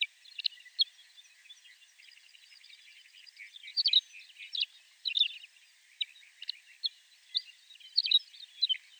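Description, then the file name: McCown's longspur giving scattered sharp high notes and small clusters of chirps over a faint hiss, growing busier toward the end. "Mc Cowns-Longspur-Rhynchophanes-mccownii"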